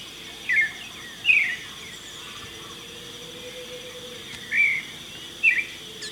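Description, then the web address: Marañon thrush giving four brief, slurred whistled phrases in two pairs, separated by a pause of a few seconds. In Ecuador. "Birds of Ecuador. Marañon Thrush"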